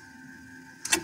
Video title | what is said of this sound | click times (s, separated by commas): Songbird DIY System Set Up Instructions & Tips | it pops right in just like that | 0.9 s